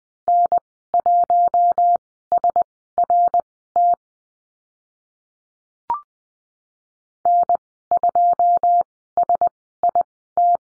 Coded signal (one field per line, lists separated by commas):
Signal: Morse code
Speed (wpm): 20 wpm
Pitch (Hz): 700 Hz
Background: none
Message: N1SRT N2SIT